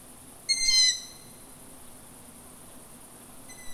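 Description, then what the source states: Long-eared owl producing one sharp squeaky call, then the start of another near the end, over a steady high-pitched hiss. Recorded on 29 July 2018.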